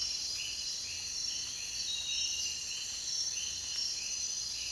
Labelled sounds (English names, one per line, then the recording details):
none
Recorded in dense forest near Puerto Asís, Putumayo, Colombia, on 22 June 2025 at 04:00
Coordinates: 0.466, -76.327
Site GP04